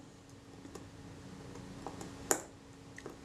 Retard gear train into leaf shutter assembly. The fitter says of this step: and you heard that click that's as it dropped past